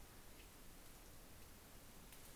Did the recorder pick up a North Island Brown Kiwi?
no